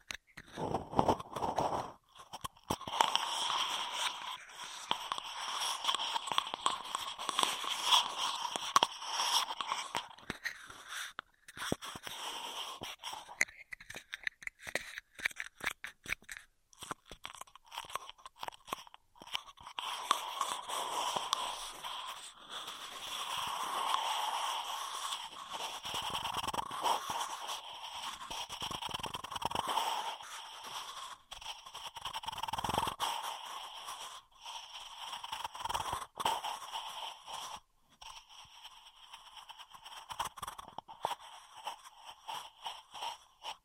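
Straw sounds fill the clip: a dense run of small crackles, clicks and rustling crunches, with a sharper bright edge and a midrange tone that swells and fades in waves. Quieter gaps break the run near 12, 17 and 38 seconds.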